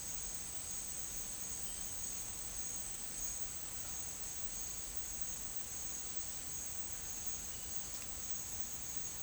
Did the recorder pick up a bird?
no